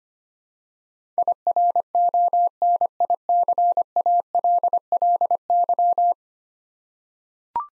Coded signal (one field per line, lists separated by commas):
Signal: Morse code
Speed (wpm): 25 wpm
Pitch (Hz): 700 Hz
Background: none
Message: IRONICALLY